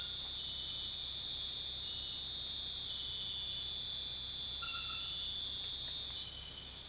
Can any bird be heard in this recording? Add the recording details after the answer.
no. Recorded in dense forest near Puerto Asís, Putumayo, Colombia, on 20 February 2024 at 02:30. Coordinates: 0.496, -76.326. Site G6383